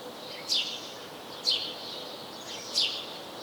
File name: Passer domesticus